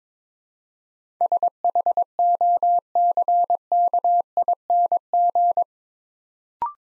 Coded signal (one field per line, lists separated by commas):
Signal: Morse code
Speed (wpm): 22 wpm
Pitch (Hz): 700 Hz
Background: none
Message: SHOCKING